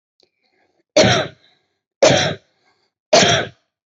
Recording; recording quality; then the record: heavy voluntary cough; excellent, no background noise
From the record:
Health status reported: healthy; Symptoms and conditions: none ticked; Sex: female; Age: 32 years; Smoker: not ticked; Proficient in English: yes